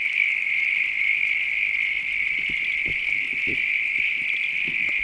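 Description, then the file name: Frogs in a continuous high chorus, with a few low, short knocking sounds underneath. Night countryside ambience with frogs. "AMBIENCE NIGHT COUNTRY FROGS RAIN FARM ANIMALS LOOP"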